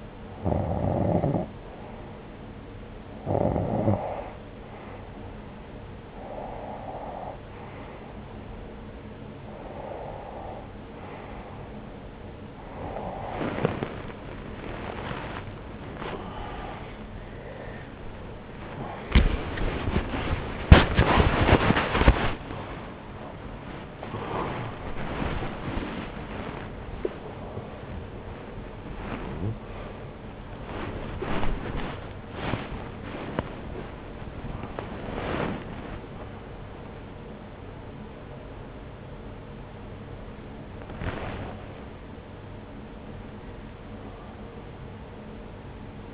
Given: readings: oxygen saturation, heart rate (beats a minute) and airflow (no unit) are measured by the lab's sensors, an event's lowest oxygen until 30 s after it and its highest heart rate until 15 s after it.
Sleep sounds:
a person awake in a sleep study, by a voice recorder at the bedside; none
0.00-46.14 s: awake
From the record:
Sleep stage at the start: awake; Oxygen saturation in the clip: 90 to 96%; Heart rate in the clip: 54 to 107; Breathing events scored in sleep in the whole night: 303 in 8.1 hours asleep

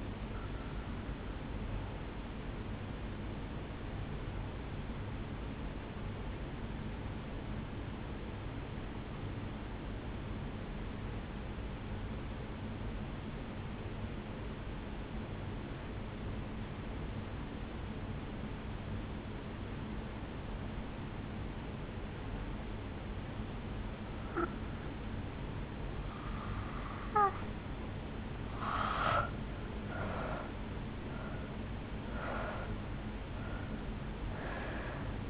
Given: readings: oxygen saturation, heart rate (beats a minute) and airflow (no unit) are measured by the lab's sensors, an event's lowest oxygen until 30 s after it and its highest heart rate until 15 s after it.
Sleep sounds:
breathing in sleep by a voice recorder at the bedside; 1
6.00-27.70 s: hypopnea (N2, oxygen 95% highest, then 79% lowest, heart rate 56 at the start, 74 highest)
From the record:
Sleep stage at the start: N2 (light sleep); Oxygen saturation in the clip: 82 to 95%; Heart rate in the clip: 53 to 72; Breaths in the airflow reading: 5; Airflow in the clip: -11.3 to 5.8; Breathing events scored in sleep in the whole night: 449 in 7.0 hours asleep

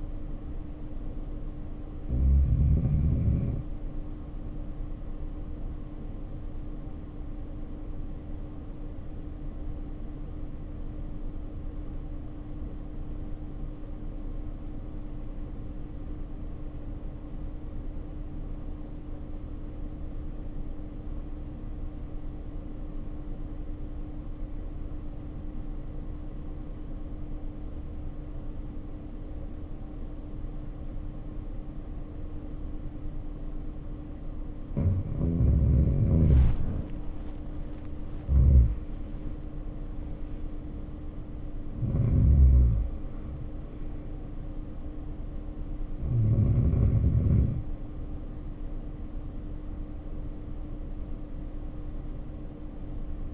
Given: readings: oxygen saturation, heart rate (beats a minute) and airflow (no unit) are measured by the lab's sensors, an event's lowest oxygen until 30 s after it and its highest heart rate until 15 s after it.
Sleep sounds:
breathing in sleep by a smartphone at the bedside; 1
7.00-37.30 s: hypopnea (REM, oxygen 96% highest, then 80% lowest, heart rate 58 at the start, 72 highest)
From the record:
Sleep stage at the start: REM sleep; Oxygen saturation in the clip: 82 to 96%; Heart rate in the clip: 53 to 72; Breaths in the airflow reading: 15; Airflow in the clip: -2.6 to 2.1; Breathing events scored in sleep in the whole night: 520 in 7.2 hours asleep

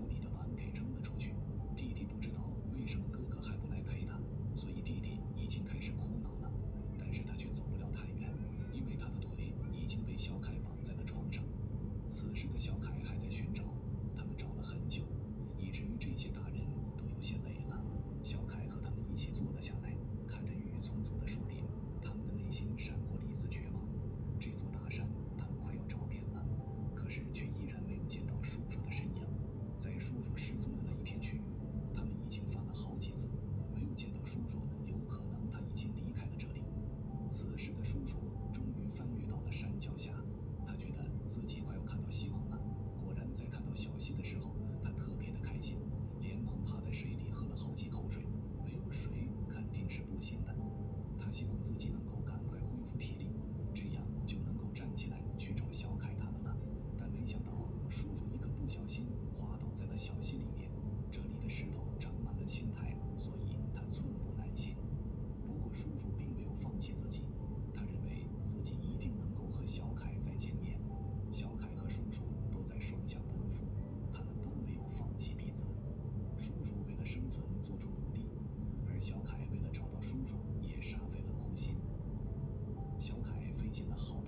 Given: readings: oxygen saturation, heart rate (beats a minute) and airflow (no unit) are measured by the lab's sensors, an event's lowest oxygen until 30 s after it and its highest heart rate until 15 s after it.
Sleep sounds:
a person awake in a sleep study, by a smartphone at the bedside; none
0.00-84.28 s: awake
From the record:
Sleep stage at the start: awake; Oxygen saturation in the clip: 94 to 96%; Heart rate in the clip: 73 to 80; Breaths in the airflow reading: 20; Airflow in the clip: -4.8 to 5.9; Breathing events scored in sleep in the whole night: 131 in 7.2 hours asleep

